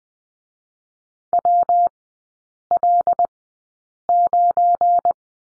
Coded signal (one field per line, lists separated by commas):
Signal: Morse code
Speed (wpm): 20 wpm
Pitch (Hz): 700 Hz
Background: none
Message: WL9